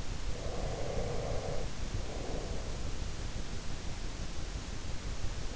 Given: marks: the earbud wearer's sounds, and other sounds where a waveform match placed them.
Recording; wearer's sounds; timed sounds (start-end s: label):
sounds in sleep by an in-ear microphone; breath
0.07-3.13 s: breath